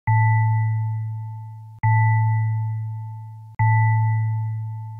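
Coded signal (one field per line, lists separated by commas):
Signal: none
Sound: a game's echoing beep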